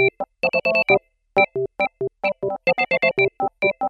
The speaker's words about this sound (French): La musique sur téléphone, y'a rien de tel, ça met en forme quand on s'ennuie toute la journée dans un bureau sans vie.